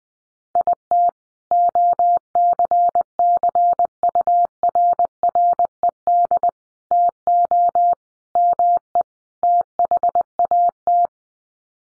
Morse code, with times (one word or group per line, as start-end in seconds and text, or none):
0.6-1.1 IT
1.5-6.5 OCCURRED
6.9-7.9 TO
8.4-9.0 ME
9.4-11.1 THAT